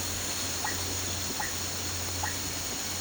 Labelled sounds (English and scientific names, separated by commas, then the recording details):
none
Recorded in pastures near Puerto Asís, Putumayo, Colombia, on 8 March 2025 at 14:30
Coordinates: 0.466, -76.322
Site CSA-02